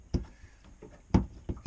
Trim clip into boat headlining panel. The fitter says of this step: snap them in they're a little bit loose once they're in there but